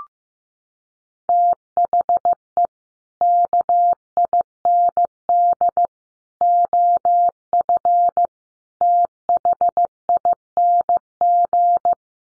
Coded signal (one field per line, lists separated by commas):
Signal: Morse code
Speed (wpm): 15 wpm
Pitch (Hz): 700 Hz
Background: none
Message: THE KIND OF THING